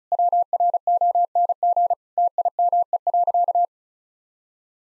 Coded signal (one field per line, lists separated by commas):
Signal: Morse code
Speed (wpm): 34 wpm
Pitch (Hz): 700 Hz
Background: none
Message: WRONG TIME.